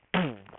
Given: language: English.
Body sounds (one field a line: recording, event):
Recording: throat vibration sensor signal played as sound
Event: throat clearing